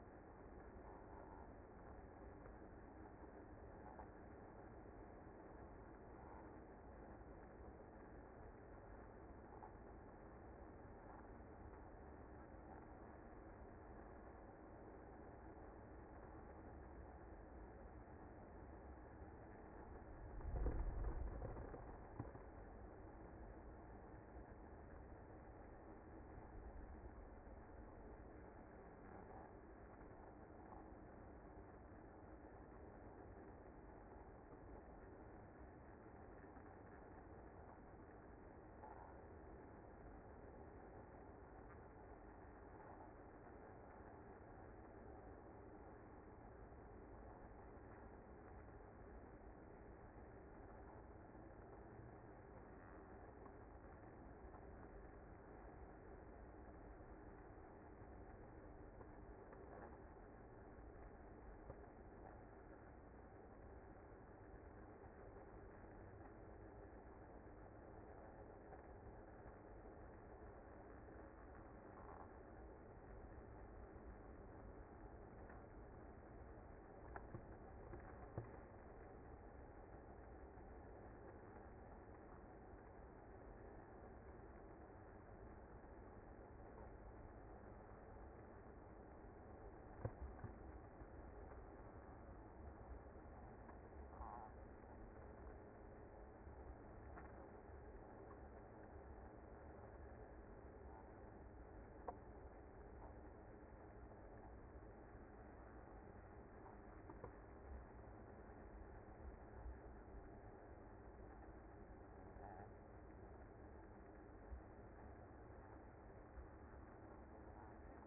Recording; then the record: honeybee colony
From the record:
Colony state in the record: active